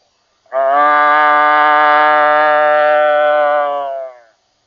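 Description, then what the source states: Deer bleat, a single sustained, nasal, harmonic call of nearly four seconds, steady in pitch and fading at the end. Doe bleating.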